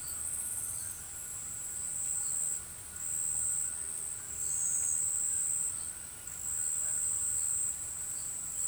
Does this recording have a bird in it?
no